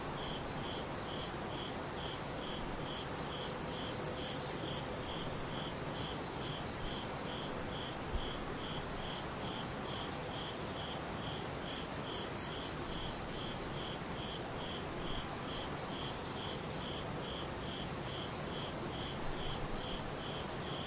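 Insects call in a steady, rapid pulsing chirp that repeats evenly through the whole clip, bright and high-pitched. A second, higher buzzing trill breaks in briefly around four and twelve seconds. Beneath it runs a constant low, hissing background rumble.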